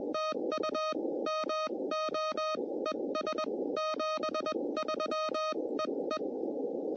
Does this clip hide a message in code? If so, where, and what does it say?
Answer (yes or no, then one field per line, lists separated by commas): yes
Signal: Morse code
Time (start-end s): 0.1-6.2 s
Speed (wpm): 21 wpm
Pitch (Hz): 1250 Hz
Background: none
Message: TU MO ES 73 EE